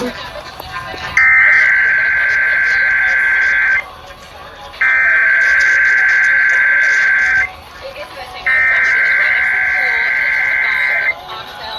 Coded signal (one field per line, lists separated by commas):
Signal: Emergency Alert System (SAME) tones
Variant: header bursts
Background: speech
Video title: EAS- End of September Tests: EAS Tests on (9/24/25)